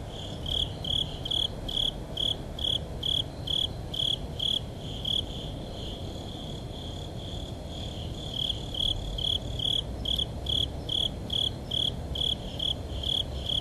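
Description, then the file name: Japanese burrowing cricket song: high, pure chirps repeated about twice a second, with a softer stretch midway, over steady low rumbling background noise. "tuzuresase"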